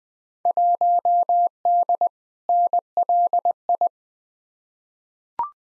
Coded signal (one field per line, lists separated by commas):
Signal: Morse code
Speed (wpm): 20 wpm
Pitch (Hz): 700 Hz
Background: none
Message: 1D NLI